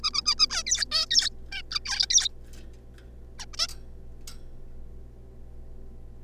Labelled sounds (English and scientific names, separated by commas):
Zebra Finch (Taeniopygia guttata)